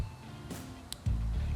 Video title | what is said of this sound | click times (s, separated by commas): Ben Heck's Essentials Series 1 - Connectors | that is what clicks it in place | 0.9 s